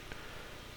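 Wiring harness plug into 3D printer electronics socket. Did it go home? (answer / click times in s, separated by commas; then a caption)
yes / 0.1 s. A keyed wiring harness plug is pushed into its socket on 3D printer electronics during assembly. A single short, sharp click is heard at 0.1 seconds over a steady low background hiss, and the plug seats into the socket.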